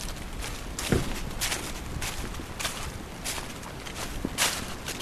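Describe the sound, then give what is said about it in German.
Steady footsteps crunch along a rocky hillside path as people hike up to a rocky summit during a rain shower, roughly two steps per second, each a short scuffing burst over a soft, constant hiss, with no voices. “Wir marschieren jetzt auf den Kopf, auf den Felskopf.”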